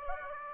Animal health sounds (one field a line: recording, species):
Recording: mosquito wingbeat signal from an infrared sensor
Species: Aedes aegypti